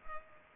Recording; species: mosquito wingbeat signal from an infrared sensor; Culex pipiens